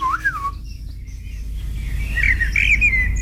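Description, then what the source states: Common Blackbird song: a mellow fluted phrase, a pause, then a warbling twittering passage over a low steady hum. Top-rated bird sound in a survey, average score 4.52 of 5; found in gardens, parks and woodland; common in Norway especially from Trøndelag southwards.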